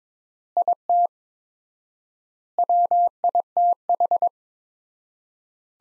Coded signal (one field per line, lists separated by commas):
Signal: Morse code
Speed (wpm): 22 wpm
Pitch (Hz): 700 Hz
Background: none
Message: IT WITH